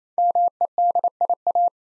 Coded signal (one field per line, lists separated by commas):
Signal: Morse code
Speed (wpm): 28 wpm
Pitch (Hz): 700 Hz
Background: none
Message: MEDIA